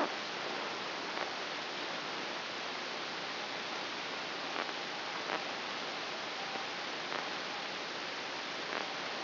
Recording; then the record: brain microelectrode recording played as sound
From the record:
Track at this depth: inside the subthalamic nucleus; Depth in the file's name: 7.329 mm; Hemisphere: right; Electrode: 2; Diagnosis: Parkinson's disease